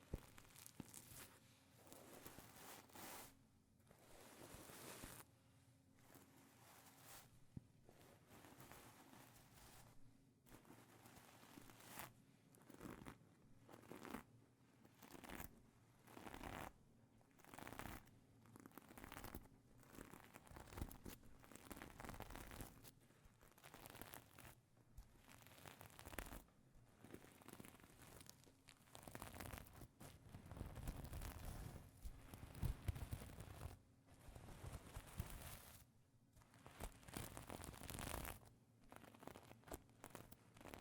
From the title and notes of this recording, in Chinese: 亮片抓挠声音。